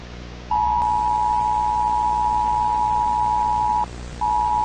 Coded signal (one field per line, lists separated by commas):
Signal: Emergency Alert System (SAME) tones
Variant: 853 and 960 Hz attention tone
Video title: BBC EAS Scenario - Y2K Bug (2000) [2025 Version/Remastered]